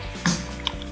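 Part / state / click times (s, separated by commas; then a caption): radio head unit onto mounting kit posts / seated / 0.3 s, 0.7 s. A media controller radio unit is slid over the posts on the back of a plastic all-weather mounting kit and pressed on. Sharp snaps are heard at 0.3 and 0.7 seconds, followed by a softer tick near 0.8 seconds, over a low background hum. The radio snaps into place and is seated on the mounting kit posts.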